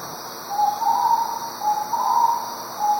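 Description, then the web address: Starred wood-quail giving soft, low hooted whistles, a short run of paired notes repeated steadily over a hissing background. Eastern lowlands of South America. "S America Eastern Lowlands Starred Wood-Quail"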